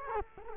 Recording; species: mosquito wingbeat signal from an infrared sensor; Culex quinquefasciatus